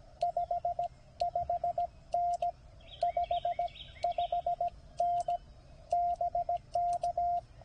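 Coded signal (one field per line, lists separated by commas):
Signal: Morse code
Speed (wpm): 17 wpm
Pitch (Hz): 700 Hz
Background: radio noise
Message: 55N 55N BK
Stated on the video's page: CW park activation on a vertical antenna, battery powered.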